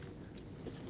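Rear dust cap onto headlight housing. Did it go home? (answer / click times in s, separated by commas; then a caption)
no / none. A plastic dust cap is being fitted onto the back of the headlight housing of a 2012-2017 Hyundai Accent during headlight assembly replacement. Only steady low-frequency handling noise and rumble are heard, with no sharp transients. The cap has not locked on yet, and nothing has seated or clicked.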